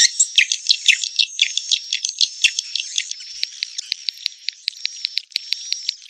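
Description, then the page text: Swiftlet calls, high twittering chirps over a thin steady tone, changing halfway to evenly spaced sharp clicks. Swiftlet calls used to lure swiftlets. "Suara Burung Walet. Club Burung"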